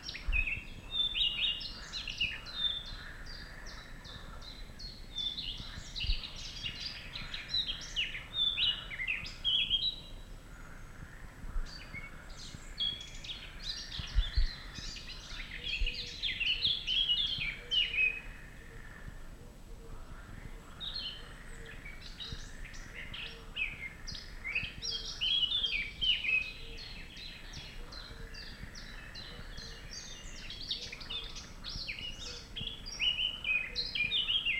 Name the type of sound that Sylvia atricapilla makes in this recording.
song